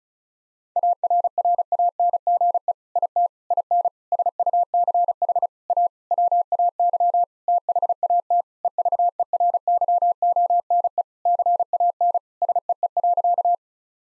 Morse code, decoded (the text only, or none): ARRANGE IT IN SUCH A WAY THAT EVERYONE CAN SEE.